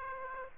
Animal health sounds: mosquito wingbeat signal from an infrared sensor; Aedes aegypti

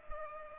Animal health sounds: mosquito wingbeat signal from an infrared sensor; Culex pipiens

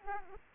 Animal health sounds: mosquito wingbeat signal from an infrared sensor; Aedes aegypti

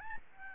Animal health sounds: mosquito wingbeat signal from an infrared sensor; Aedes albopictus

